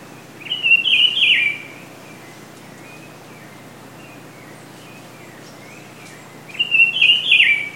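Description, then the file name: Rufous-browed peppershrike song: a loud warbling phrase of slurred whistles at the start, a quieter stretch, then a similar phrase near the end. Ilha de Comandatuba, Bahia, Brazil; golf course; 31 January 2013. "Cyclarhis-gujanensis 3-golfe-IComandatuba BA-BR-31-1-13-ASilveira"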